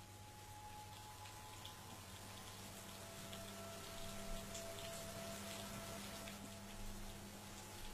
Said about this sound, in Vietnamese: Đã qua giờ ăn tối, ở bên ngoài trời bắt đầu trở nên mưa nặng hạt.